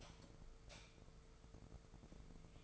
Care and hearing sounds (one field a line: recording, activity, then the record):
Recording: daily activity, microphone in the room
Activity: light off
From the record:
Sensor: 5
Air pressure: 1014.6 hPa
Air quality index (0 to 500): 153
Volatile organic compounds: 4 ppm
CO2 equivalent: 1689 ppm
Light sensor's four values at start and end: 108/262/108/115 and 83/201/81/85